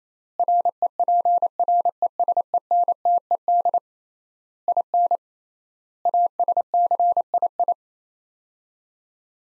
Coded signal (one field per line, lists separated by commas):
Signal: Morse code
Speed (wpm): 28 wpm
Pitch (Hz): 700 Hz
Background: none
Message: REPRESENTED IN ASCII